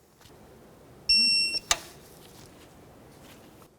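A torque wrench set to 37 ft-lb tightens the nut on the ABS wire bracket at the front wheel hub of a 2005–2012 Volvo S40. A steady high-pitched tonal beep sounds from about 1.1 to 1.6 s. The wrench gives a sharp click at 1.7 s, showing it has reached its 37 ft-lb setting.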